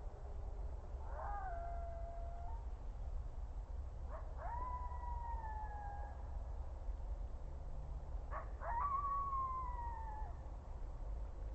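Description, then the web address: Coyotes howling: three howls with harmonics, each rising quickly then falling slowly, about two seconds long and a few seconds apart, over a steady low rumble. Coyotes recorded on an audio monitor at GRKO, 30 December 2009, 21:35. "rmaher audio monitor GRKO 20091230 2135 coyotes"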